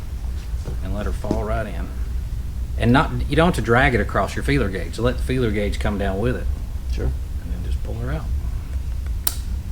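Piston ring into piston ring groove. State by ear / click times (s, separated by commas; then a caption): seated / 9.3 s. During a Harley Twin Cam 117 engine build, a steel piston ring is lowered along a feeler gauge onto the piston, the feeler gauge is pulled out, and the ring snaps into its piston ring groove while someone talks. A sharp click at 9.3 s marks the ring seating in the groove with no damage.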